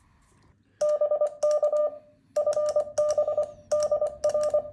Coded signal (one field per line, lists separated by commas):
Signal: Morse code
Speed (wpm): 23 wpm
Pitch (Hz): 600 Hz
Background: none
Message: BK FB DR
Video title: Typical Morse Contact Vol. 1（一般的なモールス交信 その1）